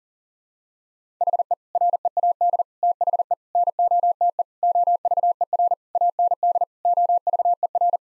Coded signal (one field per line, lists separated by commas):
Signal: Morse code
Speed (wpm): 40 wpm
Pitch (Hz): 700 Hz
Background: none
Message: HE READ THE NOTE OVER AND OVER